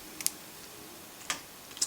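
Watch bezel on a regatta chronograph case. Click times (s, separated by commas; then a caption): 0.2 s, 0.3 s. The rotating bezel on a two-tone 18K rose gold and stainless steel Rolex Yacht-Master II regatta chronograph case, turned left until it locks, snaps into position when the bottom pusher is pressed. A sharp double click sounds at 0.2 and 0.3 s, followed by more light clicks near 1.3 and 1.8 s. The bezel seats in place.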